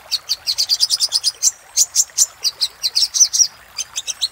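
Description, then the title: Little spiderhunter: a quick string of high, clear chirps with a few short breaks. Master recording for training cage birds; labaik song style. "Masteran Burung Sogok Ontong Labaik"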